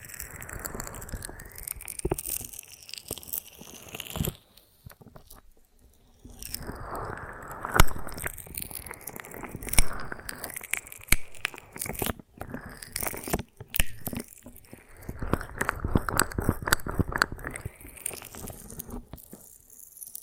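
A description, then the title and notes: Honeycomb on a branch being bitten and chewed in dense, irregular sticky crunches, with brief pauses near five and twelve seconds. ASMR of a Honeycomb on Branch (No Talking).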